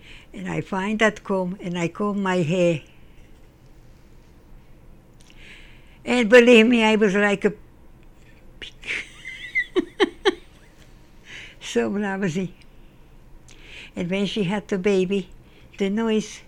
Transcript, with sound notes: And I find that comb and I comb my hair. And believe me I was like a...... (Laughs) so lousy. And when she had the baby, the noise...